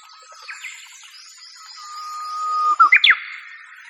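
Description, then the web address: Japanese bush warbler song: a long, steady whistle that swells in loudness, then ends in a quick, abrupt flourish of sharp notes. Faint high chirps from other birds run behind it. "sikioto. uguisu"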